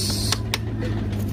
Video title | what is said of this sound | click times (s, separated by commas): K&N Honda Accord 2014 V6 j35 drop in filter install comparison | that's it one click two clicks | 0.3 s, 0.5 s